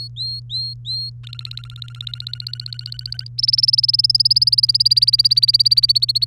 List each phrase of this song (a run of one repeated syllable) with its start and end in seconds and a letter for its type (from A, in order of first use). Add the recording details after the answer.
0.00-1.10 A, 1.24-3.28 B, 3.38-6.25 C. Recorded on 3 May 2018 at 06:58. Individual llb3